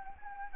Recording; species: mosquito wingbeat signal from an infrared sensor; Anopheles arabiensis